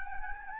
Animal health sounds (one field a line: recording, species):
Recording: mosquito wingbeat signal from an infrared sensor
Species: Anopheles gambiae